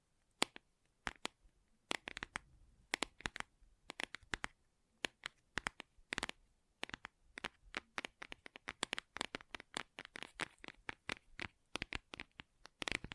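Gentle tapping in quick, irregular bursts, each tap a short crisp click with a bright edge. Taps come in clusters of two to five, sparse early and growing denser after about eight seconds, with near-silence between them.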